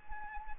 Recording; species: mosquito wingbeat signal from an infrared sensor; Anopheles arabiensis